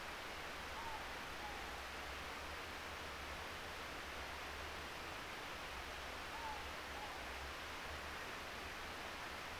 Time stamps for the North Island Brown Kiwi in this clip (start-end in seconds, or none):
none